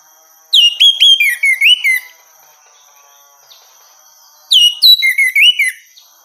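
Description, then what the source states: Orange-headed thrush delivering two matching bursts of fast, high whistles that slide downward and end in lower warbled notes, separated by a few seconds of quiet. Female bird.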